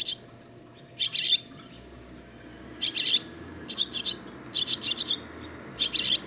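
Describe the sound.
Barn swallow giving twittering song notes in short rasping bursts, pairs and small clusters, separated by brief silences.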